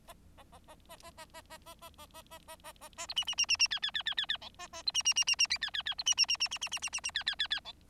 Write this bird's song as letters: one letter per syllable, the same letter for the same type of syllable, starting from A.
A A A A A A A A A A A A A A A A A A B C C C C C D D D D D D E A A B C C C C C D D D B C C C C C C C C C C D D D D E